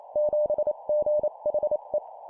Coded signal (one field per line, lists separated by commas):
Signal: Morse code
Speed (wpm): 28 wpm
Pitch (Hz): 600 Hz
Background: none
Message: 7GHE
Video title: 25wpm Four letter words number,letter,letter,letter, CW morse code Copy Speed improvement